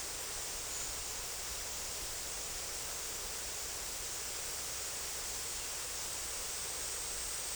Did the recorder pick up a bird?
no